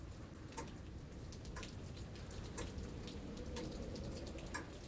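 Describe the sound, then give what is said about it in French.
Rain drips from roof gutters in scattered, bright little taps over a steady low wash of rainfall, the drops landing irregularly without any clear rhythm. “Écoutez les gouttières du toit, leurs grelots de poupées et le vent méchant.”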